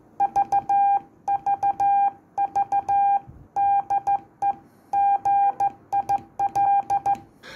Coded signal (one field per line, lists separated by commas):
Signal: Morse code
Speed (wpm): 14 wpm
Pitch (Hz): 800 Hz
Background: none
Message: VVV DE GIL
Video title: Learning Morse Code, Straight Key or Paddles?